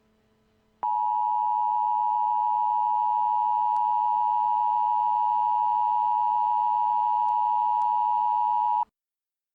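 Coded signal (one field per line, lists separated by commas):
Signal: Emergency Alert System (SAME) tones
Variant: 853 and 960 Hz attention tone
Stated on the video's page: Fictional EAS scenario, not a real alert.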